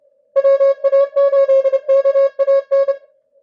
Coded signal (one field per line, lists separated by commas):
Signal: Morse code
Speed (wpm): 31 wpm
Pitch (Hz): 550 Hz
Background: none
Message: WA8KAN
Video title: ARRL Inter. DX Contest, CW Final Day